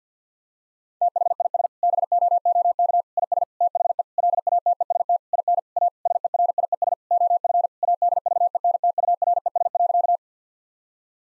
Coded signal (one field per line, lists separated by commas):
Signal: Morse code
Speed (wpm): 50 wpm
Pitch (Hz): 700 Hz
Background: none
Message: THIS BOOK IS THE LATEST IN A SERIES OF ADVENTURES.